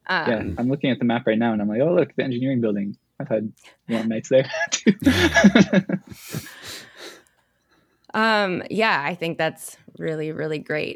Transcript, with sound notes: I'm looking at the map right now and I'm like, oh look, at the engineering building. I've had long nights there too. (laugh)
Yeah, I think that's really, really great.